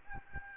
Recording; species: mosquito wingbeat signal from an infrared sensor; Aedes albopictus